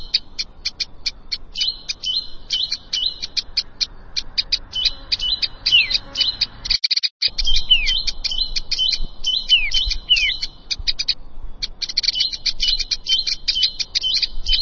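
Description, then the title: Prinia singing continuous rapid chirps and buzzy trills with falling slurs, one brief gap midway, over light background hiss. "Ciblek Sawah"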